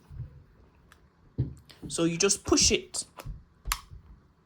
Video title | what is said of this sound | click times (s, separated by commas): How to Set Up and Assemble the Elvie Breastpump | Did you hear that? That's the click. | 3.7 s